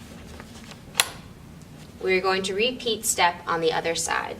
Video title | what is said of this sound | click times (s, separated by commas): Graco® Dream Suite™ Bassinet Assembly | will then take the tube and insert into the top channel of the leg hub until you hear it click | 1.0 s